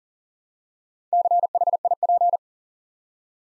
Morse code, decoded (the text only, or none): CHIP